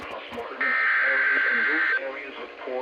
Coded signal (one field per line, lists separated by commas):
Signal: Emergency Alert System (SAME) tones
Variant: header bursts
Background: speech